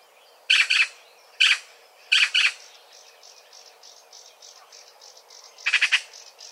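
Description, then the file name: Eurasian magpie uttering loud, harsh, rattling chack notes, single and paired, in a short burst, then a further harsh call after a pause with soft bird chatter between. "Pica pica"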